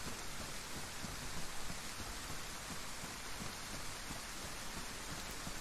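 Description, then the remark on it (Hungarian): In a video game, a low rumble of thunder rolls beneath a steady, hissing wash of heavy rain, holding an even loudness throughout with a slight swell early on and no voices. “Villámlott. Megérkezett a dörgés. Ez tök jól meg van csinálva egyébként a játékban.”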